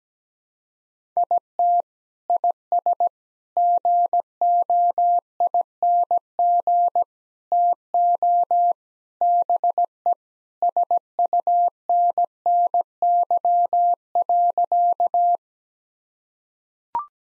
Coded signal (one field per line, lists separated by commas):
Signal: Morse code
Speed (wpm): 17 wpm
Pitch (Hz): 700 Hz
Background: none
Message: IT IS GOING TO BE SUNNY.